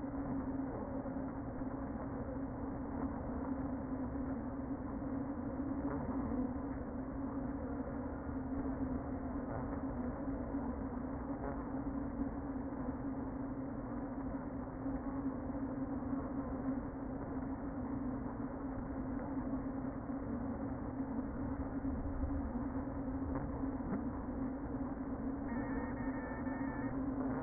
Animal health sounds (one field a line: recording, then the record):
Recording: honeybee colony, microphone inside the hive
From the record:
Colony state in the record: queen present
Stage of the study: before two queens were removed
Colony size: about 60,000 bees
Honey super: yes